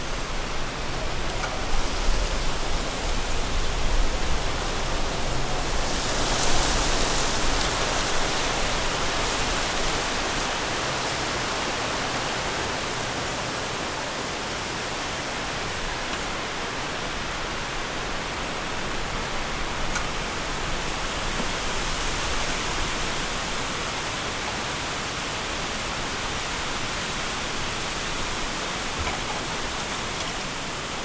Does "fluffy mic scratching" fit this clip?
no